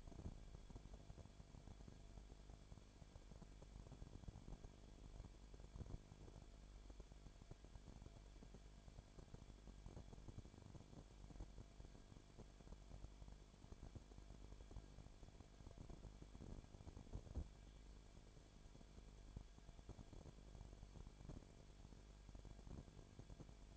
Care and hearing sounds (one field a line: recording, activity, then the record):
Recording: daily activity, microphone in the room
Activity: no activity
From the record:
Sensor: 5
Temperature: 19.8 degrees Celsius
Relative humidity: 33.3%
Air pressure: 1001.4 hPa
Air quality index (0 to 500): 32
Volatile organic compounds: 1 ppm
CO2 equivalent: 525 ppm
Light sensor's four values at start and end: 2/3/1/1 and 2/3/1/1